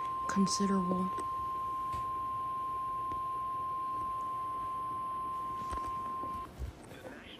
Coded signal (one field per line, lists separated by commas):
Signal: Emergency Alert System (SAME) tones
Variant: 1050 Hz attention tone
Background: speech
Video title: Severe Thunderstorm Warning (EAS 94)